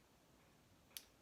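The plastic length adjuster on a saxophone harness strap slides up its colour-marked track. A short, sharp tick sounds at 0.97 s over a low background hiss, as it clicks into its next position and seats in place.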